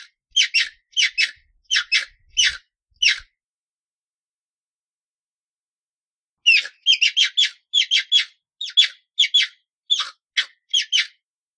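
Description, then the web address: Hyrax rapid chattering series of short harsh notes, a run of paired squeaks, a pause, then a longer faster volley. "aswat Wabbar"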